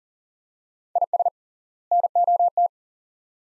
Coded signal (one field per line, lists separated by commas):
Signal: Morse code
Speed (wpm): 40 wpm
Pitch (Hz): 700 Hz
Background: none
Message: IS NOT